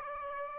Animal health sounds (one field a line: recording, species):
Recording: mosquito wingbeat signal from an infrared sensor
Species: Aedes aegypti